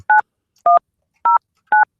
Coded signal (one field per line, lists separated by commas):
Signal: DTMF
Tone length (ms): 140 ms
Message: 9109